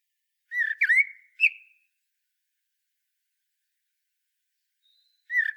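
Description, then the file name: Common blackbird giving one mellow whistled phrase with a short high flourish, a long silence, then another whistle beginning at the very end. "Turdus merula"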